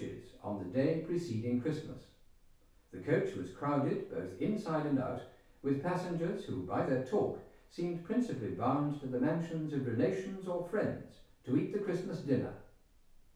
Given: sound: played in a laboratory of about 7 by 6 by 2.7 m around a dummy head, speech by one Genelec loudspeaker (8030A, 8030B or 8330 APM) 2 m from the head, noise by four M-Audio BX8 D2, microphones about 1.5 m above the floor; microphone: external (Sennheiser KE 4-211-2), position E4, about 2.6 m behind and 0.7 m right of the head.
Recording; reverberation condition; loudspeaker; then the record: male speech in English; medium; 90 degrees to the right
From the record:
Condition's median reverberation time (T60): about 510 ms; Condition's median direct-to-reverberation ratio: about -0.5 dB